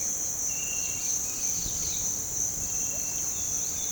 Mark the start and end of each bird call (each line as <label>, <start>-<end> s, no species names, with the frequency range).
bird call (1.7-5.4 kHz), 1.25-1.99 s